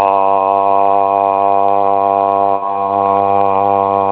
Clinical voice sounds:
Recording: sustained vowel /a/ by telephone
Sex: male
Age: 40 to 49 years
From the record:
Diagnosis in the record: healthy control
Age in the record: 44 years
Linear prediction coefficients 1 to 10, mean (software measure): 1.76, -1.12, 0.09, -0.29, 0.21, 0.31, -0.28, -0.32, 0.36, -0.11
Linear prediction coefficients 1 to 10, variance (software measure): 0.052, 0.109, 0.063, 0.052, 0.046, 0.032, 0.037, 0.033, 0.063, 0.009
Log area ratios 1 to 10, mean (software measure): -2.31, 3.35, -0.53, 0.06, -0.01, 0.73, 0.68, -0.19, -0.30, 0.23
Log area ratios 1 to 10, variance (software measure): 0.008, 0.135, 0.180, 0.030, 0.081, 0.111, 0.048, 0.091, 0.036, 0.038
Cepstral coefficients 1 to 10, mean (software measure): 1.76, 0.44, -0.06, -0.56, -0.64, -0.19, 0.05, -0.07, 0.12, 0.09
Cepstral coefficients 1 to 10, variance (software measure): 0.052, 0.013, 0.007, 0.010, 0.011, 0.003, 0.006, 0.004, 0.003, 0.002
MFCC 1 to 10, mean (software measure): -4.41, 2.01, -0.99, -1.91, -0.79, 0.97, -0.78, 0.11, 0.01, 0.23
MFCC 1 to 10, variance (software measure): 0.151, 0.014, 0.019, 0.040, 0.045, 0.031, 0.038, 0.021, 0.026, 0.032

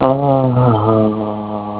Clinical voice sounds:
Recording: sustained vowel /a/ by telephone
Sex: male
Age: 50 to 59 years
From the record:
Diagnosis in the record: healthy control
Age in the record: 51 years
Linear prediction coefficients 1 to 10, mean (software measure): 1.77, -0.75, -0.42, 0.13, 0.40, -0.15, -0.11, -0.04, 0.13, -0.05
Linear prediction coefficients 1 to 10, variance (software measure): 0.028, 0.060, 0.026, 0.027, 0.073, 0.075, 0.020, 0.021, 0.025, 0.006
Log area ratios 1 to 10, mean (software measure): -3.18, 2.23, -0.53, -0.51, 0.10, 0.43, -0.04, -0.14, -0.07, 0.10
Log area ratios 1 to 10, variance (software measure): 0.143, 0.158, 0.227, 0.067, 0.113, 0.078, 0.084, 0.034, 0.025, 0.023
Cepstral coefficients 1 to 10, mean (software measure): 1.77, 0.83, 0.12, -0.22, -0.07, 0.01, 0.05, 0.00, 0.00, -0.03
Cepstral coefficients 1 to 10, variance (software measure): 0.028, 0.015, 0.013, 0.025, 0.016, 0.014, 0.009, 0.006, 0.005, 0.005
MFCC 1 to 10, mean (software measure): -4.97, 2.29, -0.02, -0.77, 0.59, 0.16, -0.33, 0.30, 0.28, -0.07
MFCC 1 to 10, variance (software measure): 0.917, 0.039, 0.090, 0.146, 0.134, 0.142, 0.130, 0.112, 0.101, 0.057

